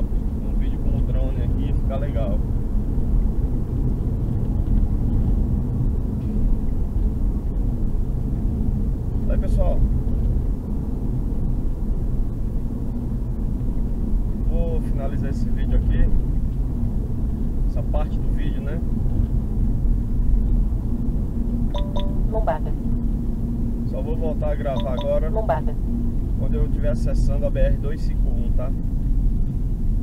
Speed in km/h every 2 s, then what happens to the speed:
79, 79, 79, 78, 76, 75, 72, 71, 71, 70, 67, 64, 61, 54, 48.
0-30 slows to 48.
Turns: none.